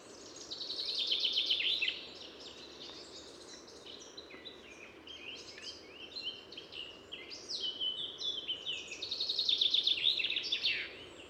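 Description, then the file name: Common chaffinch song, two bright trilled phrases of rapid notes, with other thin chirps between them. "Fringilla coelebs"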